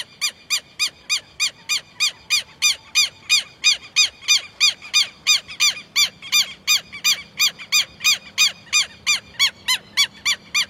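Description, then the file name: Southern lapwing uttering loud, strident arched notes in a steady series of about three a second, with a faint low hum beneath. "canto do quero quero"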